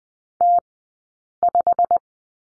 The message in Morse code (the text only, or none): T5